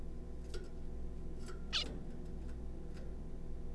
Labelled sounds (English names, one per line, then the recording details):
Zebra Finch
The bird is a juvenile
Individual R3549